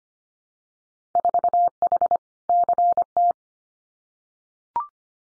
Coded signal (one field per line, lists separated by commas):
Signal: Morse code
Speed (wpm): 25 wpm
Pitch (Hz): 700 Hz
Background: none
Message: 4H CT